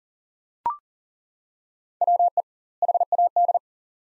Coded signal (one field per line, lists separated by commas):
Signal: Morse code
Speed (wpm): 40 wpm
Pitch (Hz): 700 Hz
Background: none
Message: WE HAD